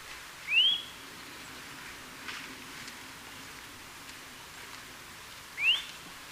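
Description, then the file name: Eurasian nuthatch: a pair of clear rising whistled notes separated by about five seconds of quiet background noise. "Sitta europaea"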